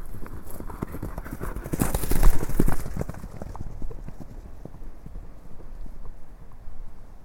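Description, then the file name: Pony hoofbeats: quick irregular thudding steps with a louder burst around two seconds, easing into softer pattering under steady background noise. Several ponies galloping. "Ponys Galoppierend"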